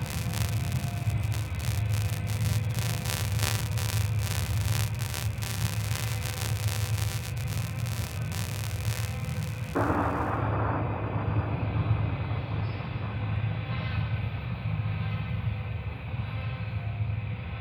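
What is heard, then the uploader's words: A space battle sound plays as a heavy, constant low rumble with a grinding, rushing texture on top. Rapid crackling bursts flicker through the first ten seconds, then a hissing roar cuts in and the brightest crackle drops away for the rest. Space Fantasy – Battle – Space Battle.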